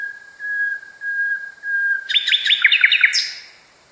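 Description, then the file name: Common nightingale song: a series of steady, whistled notes on one pitch swelling in and out, then breaking into a quick run of sharp chirps. Song, variation 5. "kicauan-nightingale-a-variasi 5-omkicau"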